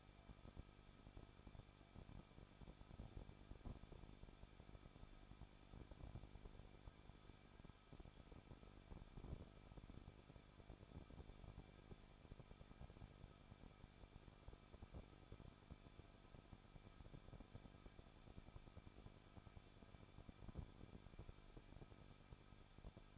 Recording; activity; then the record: daily activity, microphone in the room; no activity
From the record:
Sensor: 5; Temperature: 20.9 degrees Celsius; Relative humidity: 38.2%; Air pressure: 1006.5 hPa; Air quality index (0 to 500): 187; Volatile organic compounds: 18 ppm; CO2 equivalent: 2621 ppm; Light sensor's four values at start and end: 2/3/1/1 and 2/3/1/1